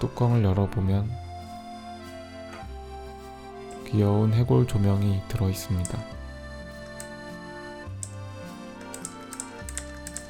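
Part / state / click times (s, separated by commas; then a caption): plastic clicker lid on figure lamp body / seated / 8.0 s, 9.1 s, 9.4 s, 9.8 s, 10.1 s, 10.2 s. Someone talks over music as the plastic lid of a finished 3D-pen figure lamp, which works as a clicker and has a skeleton-shaped light inside, is opened and clicked shut on the lamp body several times. Sharp clicks land at 8.0, 9.1, 9.4, 9.8, 10.1 and 10.2 seconds, and the lid seats each time.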